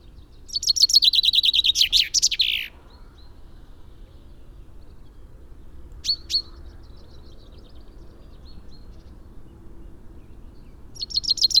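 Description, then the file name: Common chaffinch singing a fast run of chips ending in a flourish, then a long quiet gap with two sharp call notes, and a new phrase beginning at the end. "Fringilla coelebs"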